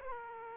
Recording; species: mosquito wingbeat signal from an infrared sensor; Aedes aegypti